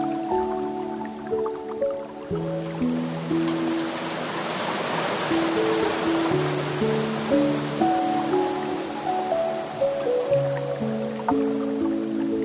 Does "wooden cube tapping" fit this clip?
no